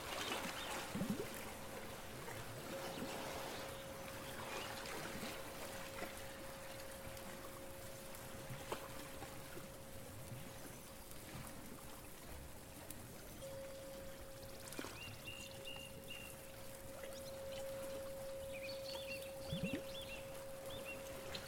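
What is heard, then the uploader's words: A beach scene with a steady wash of surf and trickling water filling the background at an even level. A single clear ringing tone, like a chime or bell, sustains throughout, with short bird-like chirps and clinks appearing now and then, especially after fifteen seconds. A day at the beach, with birds, chimes, bells.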